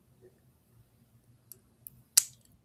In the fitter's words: Oh, that's satisfying snap.